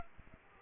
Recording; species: mosquito wingbeat signal from an infrared sensor; Aedes aegypti